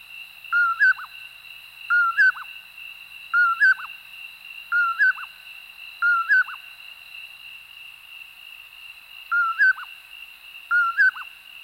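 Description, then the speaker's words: Common Poorwill whistling its name repeatedly: five rhythmic poor-will phrases, a brief pause, then two more, over a steady high background drone. Whistles its own name, poorwill or poorwillip, repeated over and over; sagebrush and chaparral habitats of the West. "Like its relatives, it seems to whistle its own name, poorwill or poorwillip"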